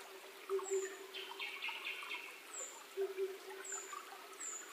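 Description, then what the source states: Oriental cuckoo calling in low hollow double hoots, two pairs about two and a half seconds apart, over thin high slurred whistles and a brief warbling bird. 28 May 2010 at 19:08.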